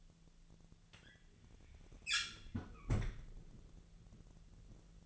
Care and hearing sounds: daily activity, microphone in the room; close fridge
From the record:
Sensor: 4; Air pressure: 1000.9 hPa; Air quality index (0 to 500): 126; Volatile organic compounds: 1 ppm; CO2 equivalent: 946 ppm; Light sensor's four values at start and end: 27/64/27/29 and 30/73/30/32

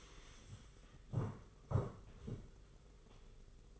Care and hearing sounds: daily activity, microphone in the room; stand up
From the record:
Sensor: 4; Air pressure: 991.3 hPa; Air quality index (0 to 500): 137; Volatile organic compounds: 54 ppm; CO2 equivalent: 3346 ppm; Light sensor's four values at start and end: 25/80/30/31 and 25/80/30/31

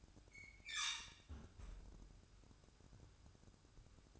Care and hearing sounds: daily activity, microphone in the room; close fridge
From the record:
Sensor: 2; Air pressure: 1007.6 hPa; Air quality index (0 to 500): 32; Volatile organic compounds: 1 ppm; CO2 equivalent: 520 ppm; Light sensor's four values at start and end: 10/23/10/10 and 10/23/10/10

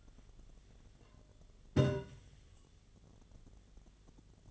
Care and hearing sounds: daily activity, microphone in the room; take from stove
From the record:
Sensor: 4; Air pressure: 1010.8 hPa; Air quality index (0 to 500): 167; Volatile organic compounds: 4 ppm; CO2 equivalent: 1701 ppm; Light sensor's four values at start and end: 39/112/45/46 and 39/113/45/46

